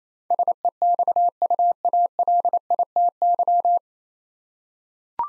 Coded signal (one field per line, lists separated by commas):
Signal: Morse code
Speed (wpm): 29 wpm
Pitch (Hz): 700 Hz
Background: none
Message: SEXUALITY